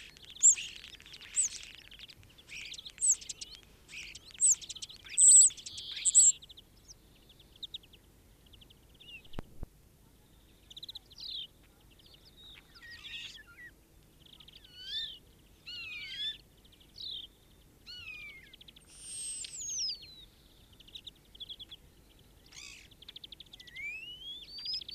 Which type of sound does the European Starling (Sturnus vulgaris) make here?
song